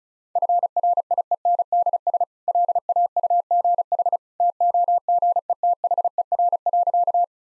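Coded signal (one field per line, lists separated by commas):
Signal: Morse code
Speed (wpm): 36 wpm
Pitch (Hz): 700 Hz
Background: none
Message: FRIENDS LAUGH TOGETHER.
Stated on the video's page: Morse practice sentences at 35 wpm with contextual hints, sent as a copying drill.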